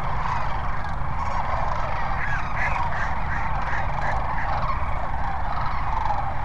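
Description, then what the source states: Sandhill cranes calling in a crowded chorus, with a run of clearer, ringing rolled calls in the middle seconds above a steady low rumble. At Cochise Lakes on 30 January 2019.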